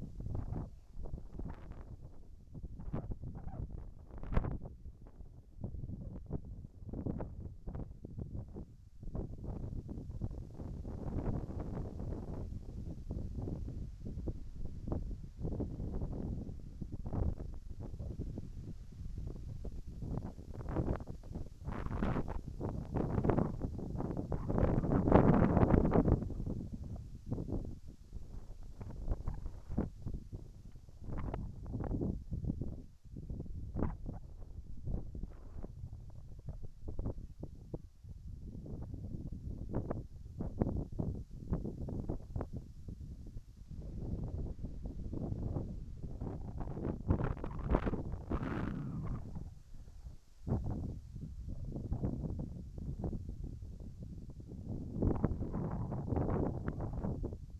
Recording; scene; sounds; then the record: everyday scene through a hearing-aid microphone; wind on the microphone; wind, whistling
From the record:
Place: in front of a rural house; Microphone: behind the ear, right, front